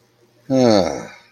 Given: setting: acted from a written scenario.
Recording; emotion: vocal sound without words; desire